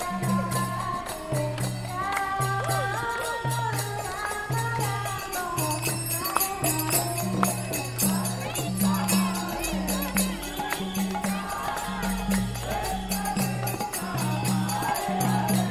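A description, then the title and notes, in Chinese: Music from the Indian chariot festival street parade in Ximending, Taipei: a steady, driving low beat repeats in short pulses under bright, constant cymbal and bell-like clatter. Wavering sung or chanted melody lines weave over a continuous crowd murmur, with a deeper bass swell around ten seconds. 全城的人都跳舞起來了_台北西門町印度壇車節踩街活動。地點在台北西門町街區。我錄製了一小段當時在街邊,實際參與活動。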